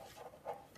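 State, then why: Not seated. A Super 8 film reel is being put back onto the left spindle of a film projector or scanner, to be pressed on until it latches. Only faint rubbing and handling noises are heard, with a slightly louder scrape around 0.5 s and a small sound near the end. Nothing has seated or clicked yet.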